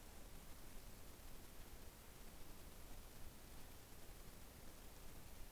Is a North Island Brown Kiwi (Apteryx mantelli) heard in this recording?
no